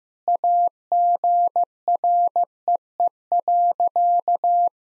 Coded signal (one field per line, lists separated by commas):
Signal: Morse code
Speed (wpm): 15 wpm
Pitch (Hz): 700 Hz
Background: none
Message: AGREE.